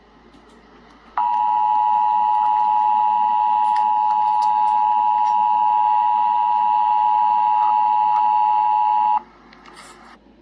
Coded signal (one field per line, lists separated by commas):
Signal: Emergency Alert System (SAME) tones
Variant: 853 and 960 Hz attention tone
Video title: Emergency Alert System - Severe Thunderstorm Warning - Aug 10, 2026 at 11:52 PM EDT